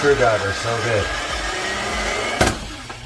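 A power screwdriver drives a screw out of an old controller's mounting during removal, with a steady hum of the tool and someone talking. At 2.4 s a short, sharp broadband burst is heard as the screw head strips, and the screw will not be reused.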